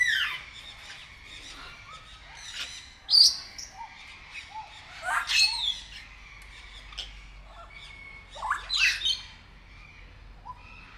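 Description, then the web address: Grey parrot giving a run of harsh squawks mixed with brief whistled notes, in irregular bursts throughout. Captive bird at Nyíregyháza Zoo, recorded in 2019. "allathangok nyiregyhazizoo 2019 professzionalis jako papagaj hosszabban nyiregyhaza"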